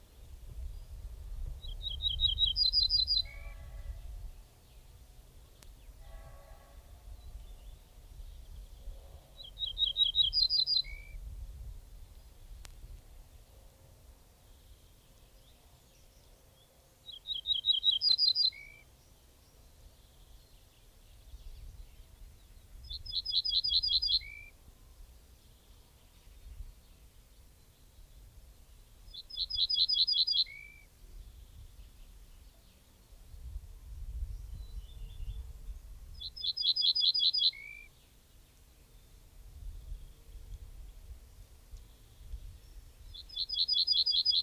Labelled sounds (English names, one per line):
Ortolan Bunting song